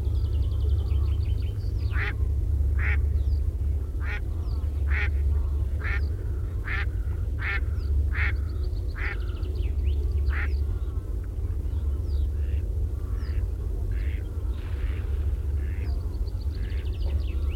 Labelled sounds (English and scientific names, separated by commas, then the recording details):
Mallard (Anas platyrhynchos) call
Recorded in the wild
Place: Groß Banzelvitz, Insel Rügen, Mecklenburg-Vorpommern, DE
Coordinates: 54.52, 13.407
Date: 1974-04-06
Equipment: Nagra III BH, Sennheiser MD 21, parabola
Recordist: Schubert, Michael
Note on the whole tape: 3 Stockenten (Enten "räb", Erpel "raab")